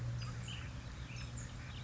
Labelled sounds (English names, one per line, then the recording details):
Ash-throated Flycatcher
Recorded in Sonoma County, California